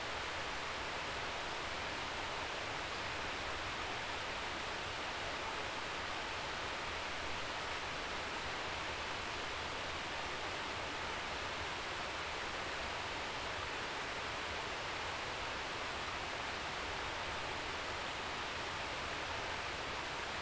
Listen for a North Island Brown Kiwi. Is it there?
no